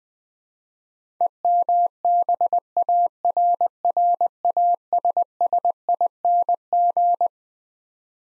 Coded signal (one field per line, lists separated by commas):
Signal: Morse code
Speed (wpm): 20 wpm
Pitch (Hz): 700 Hz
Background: none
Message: EMBARRASSING